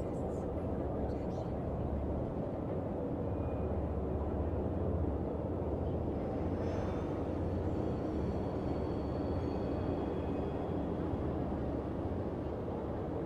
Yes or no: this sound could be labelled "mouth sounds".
no